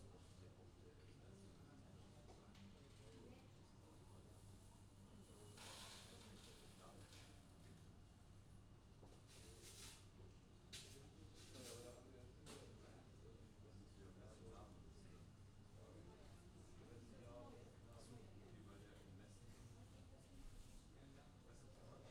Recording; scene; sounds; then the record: everyday scene through a hearing-aid microphone; many people talking; many voices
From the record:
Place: university cafeteria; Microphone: in the ear canal, left